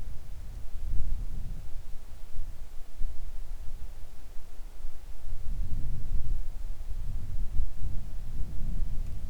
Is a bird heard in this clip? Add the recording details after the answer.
no. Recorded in the Arctic National Wildlife Refuge, Alaska, on 3 August 2019 at 10:21. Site 41